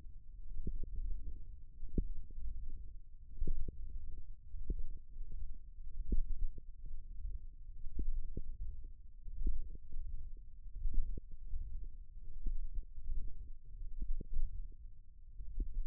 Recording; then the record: forearm muscle sounds (acoustic myography)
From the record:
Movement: wrist flexion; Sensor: system 1, eight BSWA MPA416 microphones around the upper forearm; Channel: 6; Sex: male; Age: 23 years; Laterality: right